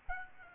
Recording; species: mosquito wingbeat signal from an infrared sensor; Aedes albopictus